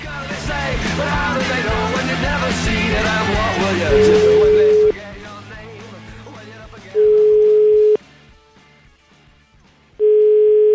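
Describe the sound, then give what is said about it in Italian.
A steady electronic telephone tone sounds in three separate bursts as a phone call is placed, loud and level, first under a busy wash of crowd noise and voices, then alone between quieter gaps like a phone line ringing. “Facciamo una telefonata ad Algero per capire come sta dopo il sequestro della patente.”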